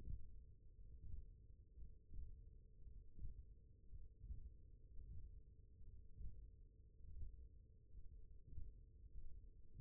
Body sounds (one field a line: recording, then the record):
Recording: forearm muscle sounds (acoustic myography)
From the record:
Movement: index flexion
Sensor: system 1, eight BSWA MPA416 microphones around the upper forearm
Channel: 5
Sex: male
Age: 23 years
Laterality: right